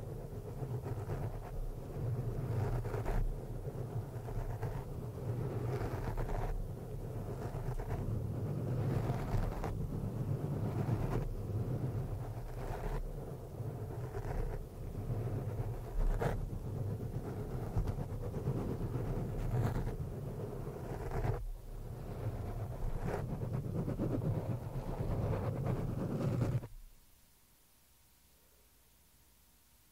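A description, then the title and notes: Scratching and rubbing on a microphone, a dense, constant rumble of low scraping with frequent brighter scrapes and knocks every second or so. The scratching stays busy and loud for about twenty-seven seconds, then cuts off abruptly to near silence with a faint hum. ASMR PURE SCRATCHING ON THE MICROPHONE NO TALKING.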